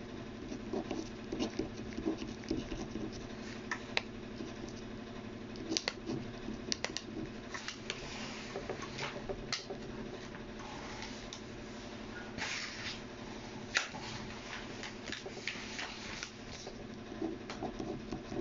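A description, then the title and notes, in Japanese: Someone copying out text by hand: small scratchy strokes and light taps come in quick, irregular bursts, with a few sharper ticks near six and fourteen seconds. A steady low hum runs underneath throughout. 身体表現家 役者でない が何らかのテキストを書き写しているときの音をお送りします。今回は、素潜り旬さんの詩集『パスタで巻いた靴』より『パスタで巻いた靴』を移している最中の音です。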